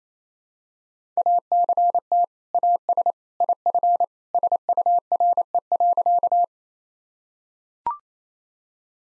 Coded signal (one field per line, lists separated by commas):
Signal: Morse code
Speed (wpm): 28 wpm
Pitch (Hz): 700 Hz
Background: none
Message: ACT AS IF SURE.